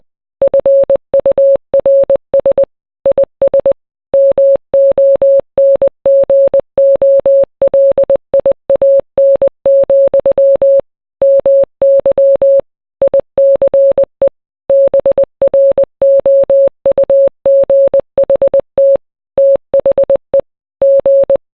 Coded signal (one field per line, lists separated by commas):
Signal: Morse code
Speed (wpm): 20 wpm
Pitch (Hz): 550 Hz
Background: none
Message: FURS IS MONGOLIAN, MY ICE BROUGHT THE G